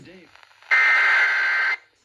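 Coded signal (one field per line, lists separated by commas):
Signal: Emergency Alert System (SAME) tones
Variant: header bursts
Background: speech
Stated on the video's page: Tsunami communications drill and weekly tests.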